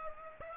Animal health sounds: mosquito wingbeat signal from an infrared sensor; Aedes aegypti

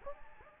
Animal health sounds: mosquito wingbeat signal from an infrared sensor; Anopheles gambiae

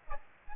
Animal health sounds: mosquito wingbeat signal from an infrared sensor; Aedes aegypti

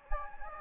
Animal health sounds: mosquito wingbeat signal from an infrared sensor; Anopheles gambiae

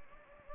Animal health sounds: mosquito wingbeat signal from an infrared sensor; Anopheles gambiae

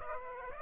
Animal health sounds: mosquito wingbeat signal from an infrared sensor; Aedes aegypti

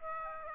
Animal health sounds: mosquito wingbeat signal from an infrared sensor; Aedes aegypti

